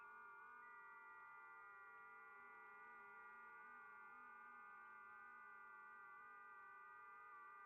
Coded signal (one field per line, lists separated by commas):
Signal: FT8